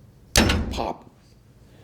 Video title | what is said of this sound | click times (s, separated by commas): Voyager XL Tanto Serrated Edge | that snap is that lock engages it's like a bank vault door pop | 0.4 s